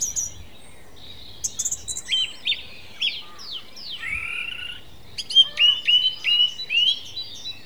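Song thrush song of clear whistled phrases, a long slurred note near the middle, then several short repeated notes toward the end.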